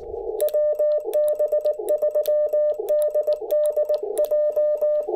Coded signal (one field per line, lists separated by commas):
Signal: Morse code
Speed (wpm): 19 wpm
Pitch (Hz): 590 Hz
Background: none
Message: WB3DDJ